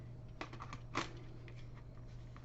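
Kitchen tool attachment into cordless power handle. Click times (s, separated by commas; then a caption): 0.4 s, 1.0 s. A kitchen tool attachment is lined up by its tabs and pushed onto a plastic cordless power handle. Sharp clicks are heard at 0.4 s and 1.0 s, with a few lighter ticks around them over a steady low hum. The attachment clicks into place and is seated on the handle.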